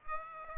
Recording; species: mosquito wingbeat signal from an infrared sensor; Aedes aegypti